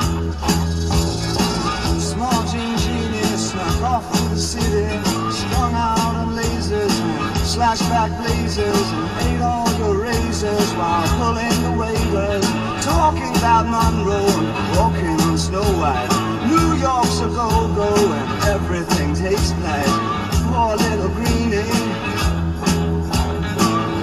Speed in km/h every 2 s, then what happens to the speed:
26, 21, 26, 32, 37, 42, 45, 48, 52, 52, 55, 58.
2-24 speeds up to 58.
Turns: none.